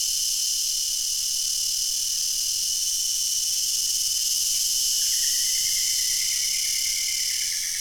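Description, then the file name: Crickets and cicadas in a dense, steady high-pitched insect chorus, with a faint rising trill appearing in the second half. Daytime summer chorus of cicadas and crickets together, Australia. "zapsplat animals insects cicada crickets summer day australia"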